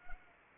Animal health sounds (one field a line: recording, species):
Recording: mosquito wingbeat signal from an infrared sensor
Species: Anopheles arabiensis